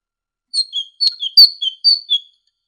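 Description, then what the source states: Great tit song: clear whistled phrases alternating a higher and a lower note, repeated four times in quick succession. Training ('masteran') recording for songbirds.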